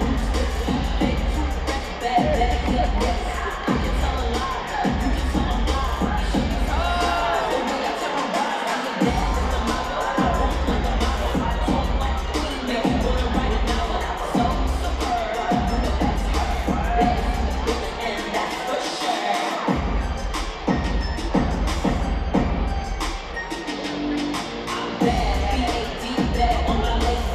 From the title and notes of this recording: Wrestling at Madison square garden. Mostly of people chanting!